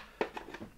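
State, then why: Seated. The main plastic nozzle is pushed onto the front of a 1968 Kembric car vacuum cleaner and de-icer from the USA until its side clips snap into place. A sharp snap sounds at 0.2 s, followed by two softer clicks around 0.4 s and 0.6 s. The nozzle is seated.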